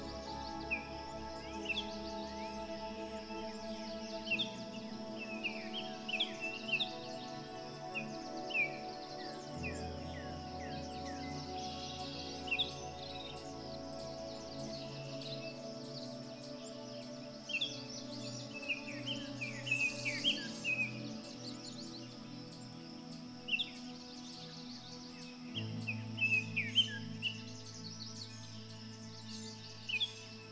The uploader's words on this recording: Listen to the Soothing CHIRPING of BIRDS, Accompanied by Soft MUSIC.